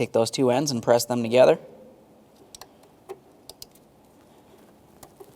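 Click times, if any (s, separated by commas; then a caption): none. Someone talks while handling the two plastic halves of the crankshaft position sensor connector and its wiring harness plug on a 2010-2013 Kia Forte Koup (2.4L L4), followed by quiet handling with a few faint taps. The connector is being pressed together but has not seated or clicked yet.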